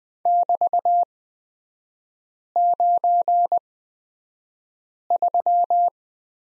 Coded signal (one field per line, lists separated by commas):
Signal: Morse code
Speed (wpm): 20 wpm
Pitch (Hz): 700 Hz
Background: none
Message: <BT>93